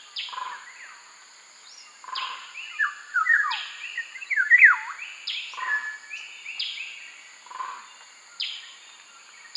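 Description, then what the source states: Black-naped oriole giving mellow, looping whistled phrases with swooping slurs, several bursts spaced by brief pauses, while a steady high hum continues behind. Subspecies Oriolus chinensis mundus.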